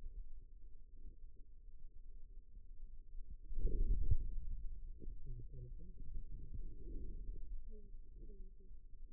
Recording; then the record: forearm muscle sounds (acoustic myography)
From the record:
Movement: hand closing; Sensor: system 2, bracelet of six BSWA MPA416 microphones around the upper forearm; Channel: 4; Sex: male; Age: 22 years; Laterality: right